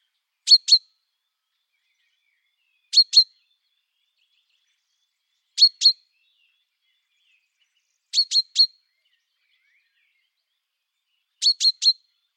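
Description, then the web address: Common chaffinch repeating short, bright chink notes in pairs and triplets, a burst every two to three seconds, with nothing else heard. "Deverinetal"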